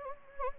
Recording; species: mosquito wingbeat signal from an infrared sensor; Anopheles gambiae